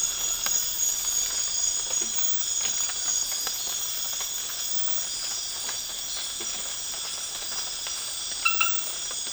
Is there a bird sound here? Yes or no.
no